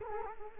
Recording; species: mosquito wingbeat signal from an infrared sensor; Culex quinquefasciatus